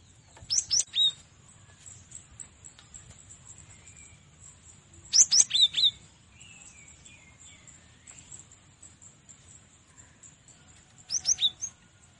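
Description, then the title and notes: Cinereous tit song: three short bursts of three or four high, sharp whistled notes, separated by quieter pauses. Training recording (masteran) for cage birds. "Gelatik Batu. burung gelatik"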